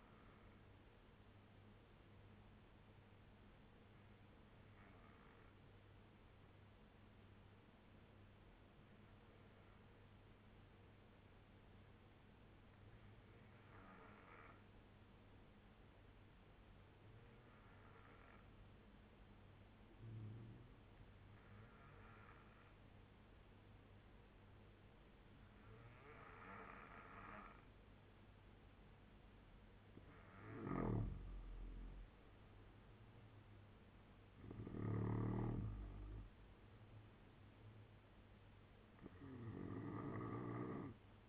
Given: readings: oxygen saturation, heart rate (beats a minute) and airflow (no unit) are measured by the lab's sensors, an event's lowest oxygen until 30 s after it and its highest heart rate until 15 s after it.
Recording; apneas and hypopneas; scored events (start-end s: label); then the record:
breathing in sleep by a voice recorder at the bedside; 1
3.00-20.10 s: obstructive apnea (N2, oxygen 94% highest, then 84% lowest, heart rate 74 at the start, 82 highest)
15.00-41.29 s: new sleep stage, N3 (deep sleep)
From the record:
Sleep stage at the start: N2 (light sleep); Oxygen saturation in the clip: 87 to 95%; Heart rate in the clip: 66 to 82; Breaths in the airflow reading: 4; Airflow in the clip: -7.7 to 8.5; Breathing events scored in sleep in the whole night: 201 in 6.5 hours asleep